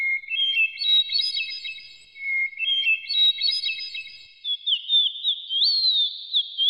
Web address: kenar canto